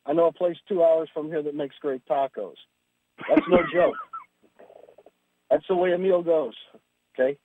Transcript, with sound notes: I know a place two hours from here that makes great tacos." (laughs) That's no joke. That's the way a meal goes, okay?